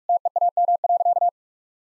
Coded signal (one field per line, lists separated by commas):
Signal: Morse code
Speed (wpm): 46 wpm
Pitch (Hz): 700 Hz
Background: none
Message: TEAM.